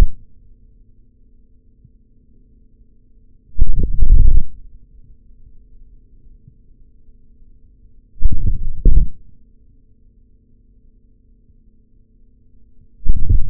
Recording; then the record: forearm muscle sounds (acoustic myography)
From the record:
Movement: forearm pronation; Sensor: system 3, bracelet of six PUI Audio POM-2738L microphones around the upper forearm, with dedicated amplification and filtering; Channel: 4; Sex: male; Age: 26 years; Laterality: right